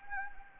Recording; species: mosquito wingbeat signal from an infrared sensor; Anopheles gambiae